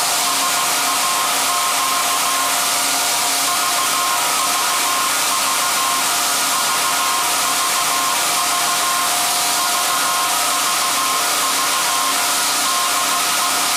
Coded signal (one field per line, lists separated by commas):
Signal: Morse code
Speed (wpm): 16 wpm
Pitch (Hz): 1060 Hz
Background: none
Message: SAQ VVV VVV VVV DE